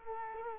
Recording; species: mosquito wingbeat signal from an infrared sensor; Culex quinquefasciatus